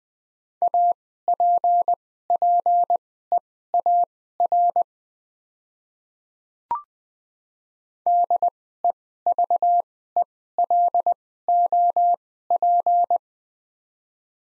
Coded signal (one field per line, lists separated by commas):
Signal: Morse code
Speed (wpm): 20 wpm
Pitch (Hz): 700 Hz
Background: none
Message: APPEAR DEVELOP